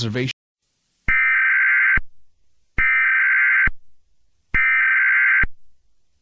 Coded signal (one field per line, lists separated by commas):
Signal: Emergency Alert System (SAME) tones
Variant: header bursts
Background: speech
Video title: NOAA Weather Radio Anti-Piracy Warning - An EAS Short Film